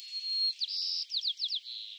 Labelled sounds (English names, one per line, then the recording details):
White-crowned Sparrow song
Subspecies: nuttalli
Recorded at Morro Bay, California, in 2014
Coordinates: 35.372, -120.862
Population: south
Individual MORR_maleI_14